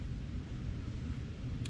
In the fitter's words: And reconnect our gray plug. You'll hear that positive click.